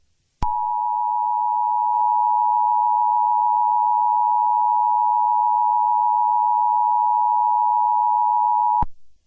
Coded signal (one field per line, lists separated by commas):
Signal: Emergency Alert System (SAME) tones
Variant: 853 and 960 Hz attention tone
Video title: 💀💀💀| An EAS Scenario